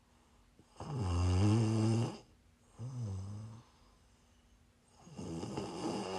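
Three low, rumbling, vibrating snores in about six seconds from an adult woman asleep, separated by quiet breaths: ordinary sleep snoring, shared as ASMR.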